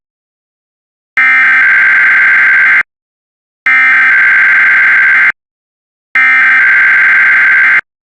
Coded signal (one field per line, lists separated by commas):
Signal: Emergency Alert System (SAME) tones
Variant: header bursts